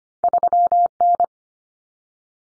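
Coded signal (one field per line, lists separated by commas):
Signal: Morse code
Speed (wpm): 25 wpm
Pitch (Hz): 700 Hz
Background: none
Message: 3N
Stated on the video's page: Head-copy drill of common two-digit cut numbers at 25 wpm, with T, A and N standing for 0, 1 and 9; each is sent, spoken, then sent again.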